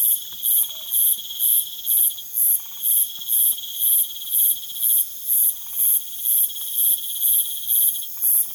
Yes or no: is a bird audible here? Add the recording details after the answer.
no. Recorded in pastures near Puerto Asís, Putumayo, Colombia, on 19 June 2025 at 20:30. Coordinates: 0.487, -76.322. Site H26